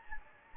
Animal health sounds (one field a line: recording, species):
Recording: mosquito wingbeat signal from an infrared sensor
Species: Anopheles gambiae